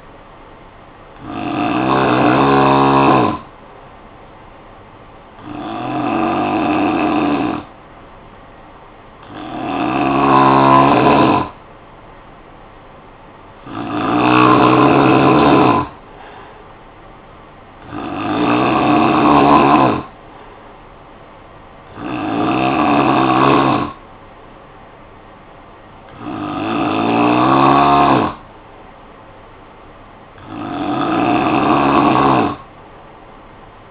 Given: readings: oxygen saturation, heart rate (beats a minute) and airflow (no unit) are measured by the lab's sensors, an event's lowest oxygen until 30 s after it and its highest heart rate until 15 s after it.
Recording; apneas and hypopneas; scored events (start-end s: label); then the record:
breathing in sleep by a voice recorder at the bedside; none
none scored
From the record:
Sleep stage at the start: N3 (deep sleep); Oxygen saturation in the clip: 89 to 91%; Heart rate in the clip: 53 to 57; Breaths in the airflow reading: 8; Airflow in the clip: -9.1 to 4.7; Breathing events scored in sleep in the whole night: 445 in 7.6 hours asleep